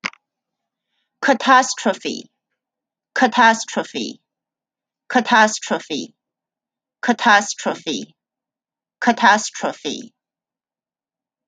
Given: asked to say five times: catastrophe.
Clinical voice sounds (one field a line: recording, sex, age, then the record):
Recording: repeated word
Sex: female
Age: 40 to 49 years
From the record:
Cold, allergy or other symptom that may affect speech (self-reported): no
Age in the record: 47 years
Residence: Illinois, United States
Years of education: 19